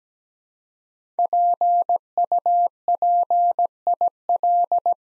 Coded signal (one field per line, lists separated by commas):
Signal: Morse code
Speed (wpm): 17 wpm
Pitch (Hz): 700 Hz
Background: none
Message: PUPIL